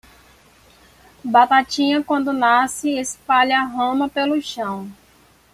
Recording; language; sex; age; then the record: short text; Brazilian Portuguese; female; 20 to 29 years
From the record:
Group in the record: control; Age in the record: 28 years